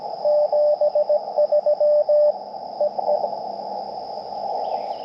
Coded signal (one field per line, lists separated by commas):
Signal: Morse code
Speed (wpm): 20 wpm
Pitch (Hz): 590 Hz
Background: none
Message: 73 E E